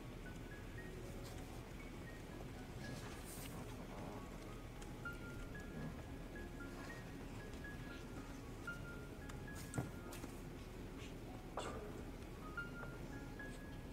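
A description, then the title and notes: Steady indoor room tone in a library: a dense, low murmur of voices and ventilation with no quiet gaps. Faint short squeaks and chirps come and go throughout, and a few sharp clicks or knocks stand out, the loudest near ten seconds. Study with me at hogwarts (aka the yale library!).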